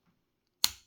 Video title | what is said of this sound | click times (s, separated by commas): Transformers: Studio Series 86 Snarl | so we're going to rotate all this section into the big round part there and it should click in nicely | 0.6 s